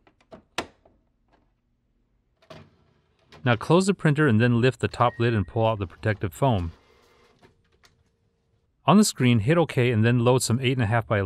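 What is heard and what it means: A tri-color ink cartridge is slid into the left slot of an HP Envy 7858 printer carriage, marked by a pink bar, and pushed in the same way as the black cartridge. A sharp click at 0.6 s shows it seated, among a few faint taps and a couple of softer knocks around 2.5 s and 3.3 s. Someone then talks through most of the rest of the clip.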